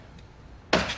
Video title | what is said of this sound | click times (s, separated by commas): etrailer - Set up: Kuat NV 2.0 Base 2-Bike Platform Rack on a 2019 Jeep Grand Cherokee | little workstation right here and it locks into place | 0.7 s